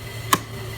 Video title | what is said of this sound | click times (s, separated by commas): How to Replace the Starter on a 2006 BMW 530xi | pushes on the locks that's it now we'll put the weather stripping on | 0.3 s